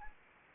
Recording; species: mosquito wingbeat signal from an infrared sensor; Anopheles arabiensis